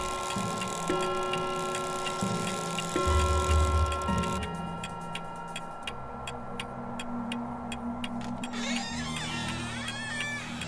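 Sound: clock ticking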